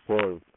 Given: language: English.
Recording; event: throat vibration sensor signal played as sound; speech